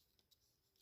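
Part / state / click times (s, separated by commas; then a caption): plastic limb part of a transforming action figure / not seated / none. A plastic limb part of a Transformers Masterpiece MP-34 Cheetor action figure is handled and swung upward during its transformation. Only faint, light plastic ticks and scrapes are heard, with soft hissy bursts around 0.2 s, 0.3 s and 0.8 s over a low background. Nothing has snapped or seated into its locked position yet.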